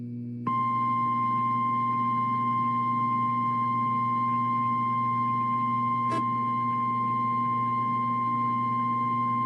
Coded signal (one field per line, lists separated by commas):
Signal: Emergency Alert System (SAME) tones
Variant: 1050 Hz attention tone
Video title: EAS Scenario - Possessed II